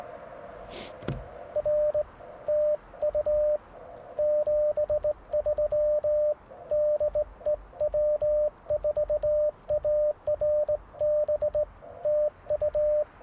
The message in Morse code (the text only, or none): R TU 73 DE W4ARB TU